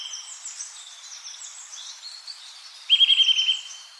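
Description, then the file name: Eurasian nuthatch producing one short, quick trill near the end, preceded by a background of thin, high chirps from other small birds. "Sitta europaea"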